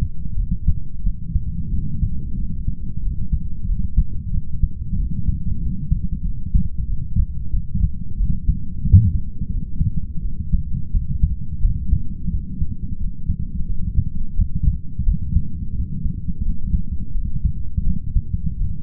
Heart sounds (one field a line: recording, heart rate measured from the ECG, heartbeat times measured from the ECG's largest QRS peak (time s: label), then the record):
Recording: heart sounds by stethoscope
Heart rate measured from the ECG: 89 bpm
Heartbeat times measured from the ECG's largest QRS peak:
0.38 s: heartbeat
1.05 s: heartbeat
1.73 s: heartbeat
2.38 s: heartbeat
3.03 s: heartbeat
3.68 s: heartbeat
4.33 s: heartbeat
4.98 s: heartbeat
5.62 s: heartbeat
6.26 s: heartbeat
6.89 s: heartbeat
7.53 s: heartbeat
8.19 s: heartbeat
8.85 s: heartbeat
9.52 s: heartbeat
10.24 s: heartbeat
10.93 s: heartbeat
11.63 s: heartbeat
12.32 s: heartbeat
13.00 s: heartbeat
13.69 s: heartbeat
14.37 s: heartbeat
15.07 s: heartbeat
15.77 s: heartbeat
16.46 s: heartbeat
17.15 s: heartbeat
17.86 s: heartbeat
18.60 s: heartbeat
From the record:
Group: healthy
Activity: light exercise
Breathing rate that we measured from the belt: 17 breaths a minute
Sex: male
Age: 22 years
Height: 181 cm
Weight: 79 kg